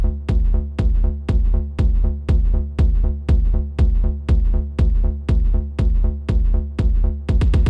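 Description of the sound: Steady, deep, muffled heartbeat thumps repeat at about 120 per minute with an even rhythm, except for a few closer-spaced beats at the very end. A heartbeat sound track made for ASMR listening, with no voices or other background sound.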